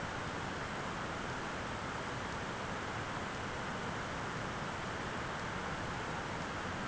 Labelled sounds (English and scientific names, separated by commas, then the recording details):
none
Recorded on Arctic tundra, site ZACK-1, on 13 June 2019
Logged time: 03:49